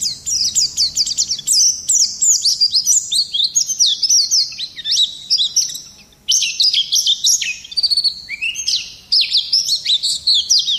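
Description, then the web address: White-eye song: fast, high-pitched chattering warble running on and on, with one short lull midway before resuming. Long song, used for song-training of birds (masteran). "pleci ngalas panjang. masteran pleci"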